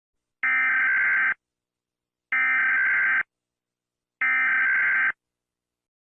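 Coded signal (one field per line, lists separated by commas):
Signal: Emergency Alert System (SAME) tones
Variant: header bursts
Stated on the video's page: Fictional Texas fire EAS scenario; no real event portrayed.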